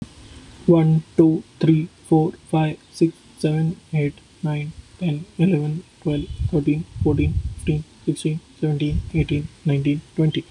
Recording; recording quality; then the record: counting at a normal pace; moderate, slight background noise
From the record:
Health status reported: healthy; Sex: male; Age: 27 years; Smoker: yes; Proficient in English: yes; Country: India